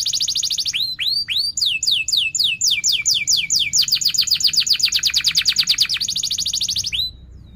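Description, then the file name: Canary song opening with a fast buzzy roll, then repeated swooping whistles accelerating into a long rapid trill that ends abruptly. Canary singing persistently (gacor) with 'cuit cuit' chirps and sharp rolling trills ('ngerol tajam'). "Suara Kenari Gacor Cuit Cuit Ngerol Tajam"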